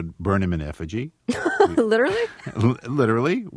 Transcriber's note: soundbite of laughter